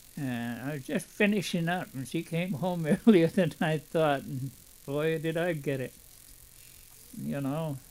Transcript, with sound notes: And I was just finishing up and she came home earlier (he laughs) than I thought, and, but, did I get it, you know.